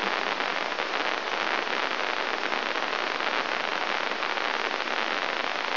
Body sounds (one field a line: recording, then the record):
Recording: brain microelectrode recording played as sound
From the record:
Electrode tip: inside the subthalamic nucleus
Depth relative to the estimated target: 0 mm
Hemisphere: left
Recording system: AlphaMap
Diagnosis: Parkinson's disease